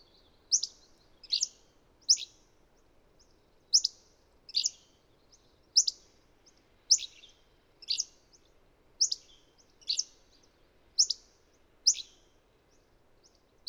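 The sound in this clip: Bird giving a steady series of bright, high, downward-sweeping chirps, often in pairs, about once a second, with a soft low background hum.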